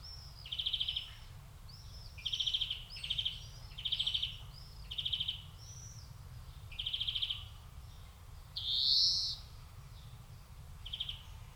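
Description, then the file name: European greenfinch calls: short buzzy trilled bursts at irregular intervals, mixed with higher whistled notes and a wheezy note near the end, over low rumble. "Chloris chloris"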